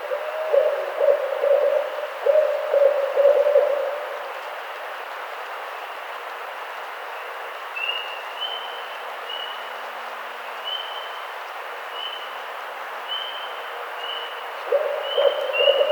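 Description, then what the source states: Barred owl hoots: a low rhythmic hooting phrase at the start and another near the end, with a high pulsing trill repeating through the quiet middle. Recorded 18 April 2009.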